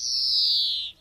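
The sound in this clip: European greenfinch giving a single drawn-out whistled note that slides steadily downward for nearly a second, with a quiet background.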